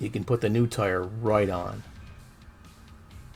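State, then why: Not seated. A new plastic cap tire is being fitted onto the wheel of a restored Hot Wheels Custom AMX diecast toy car. Someone talks for about the first 1.8 seconds, then only faint, low handling noise continues to the end. Nothing has seated or clicked yet.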